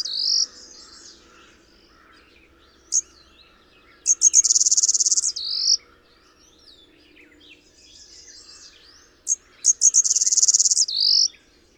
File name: Blue-winged Warbler - Vermivora cyanoptera